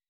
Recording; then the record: hydrophone in a shrimp aquaculture tank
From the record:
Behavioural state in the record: weakened